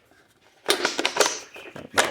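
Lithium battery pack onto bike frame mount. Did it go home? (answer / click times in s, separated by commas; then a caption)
no / none. A water-bottle style lithium battery pack is pushed onto its frame-mounted cradle on an electric bike conversion, where a metal latch part has slid back. After a quiet start, a run of sharp plastic-and-metal knocks and scrapes comes from about 0.7 to 1.3 s, softer clatter follows near 1.5 to 1.8 s, and another loud burst of rubbing hits around 2.0 s. The pack has not latched or locked onto the mount.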